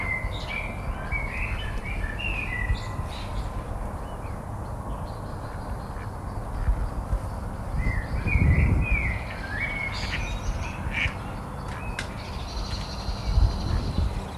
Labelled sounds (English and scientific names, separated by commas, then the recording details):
Mallard (Anas platyrhynchos)
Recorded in the wild
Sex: male
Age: adult
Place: Malchower Aue, Berlin, DE
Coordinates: 52.5808, 13.4886
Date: 1990-04-06 20:19
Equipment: Riporter 6 RG-K, Halbspur, Sennheiser MKH 416 T
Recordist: Frommolt, Karl-Heinz